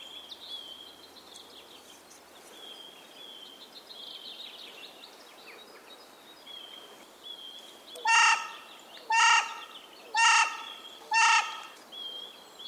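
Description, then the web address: Carrion crow: four loud, grating caws from a carrion crow in a steady series roughly once per second, following quieter high-pitched whistles and twitters from other birds. "chant xeno-canto corneille noire"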